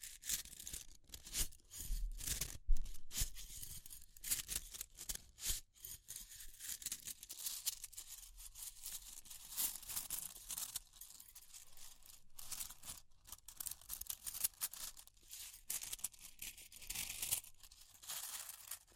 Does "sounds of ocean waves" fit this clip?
no